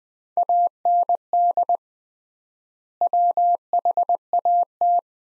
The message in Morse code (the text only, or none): AND WHAT